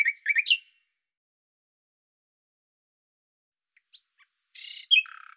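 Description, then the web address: Bird song: a short chattering burst, then silence, followed by a few notes and buzzy trilled sounds. "Deverinetal 2025"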